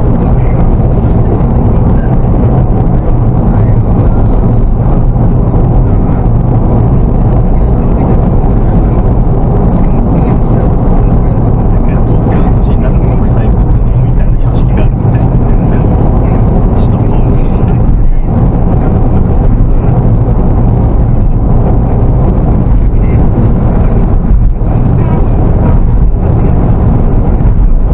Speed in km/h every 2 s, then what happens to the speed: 85, 85, 84, 83, 83, 82, 82, 81, 81, 82, 81, 81, 82, 84.
0-28 steady at about 82.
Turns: none.